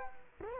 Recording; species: mosquito wingbeat signal from an infrared sensor; Culex quinquefasciatus